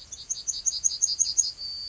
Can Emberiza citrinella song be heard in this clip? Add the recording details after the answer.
yes. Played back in grassland. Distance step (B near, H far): D. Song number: 140